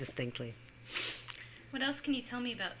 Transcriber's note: sniffs